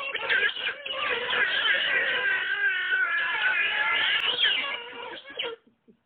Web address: fishing for piranha finding joy with giant otters